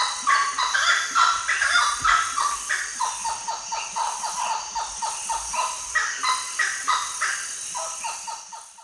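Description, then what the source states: Gray-necked wood-rail loud rhythmic calling, harsh clucking notes repeated rapidly at about three per second, fading toward the end. Eastern lowlands of South America.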